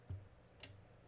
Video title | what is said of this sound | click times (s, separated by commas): Repairing an audio cassette deck | there it goes has to click | 0.6 s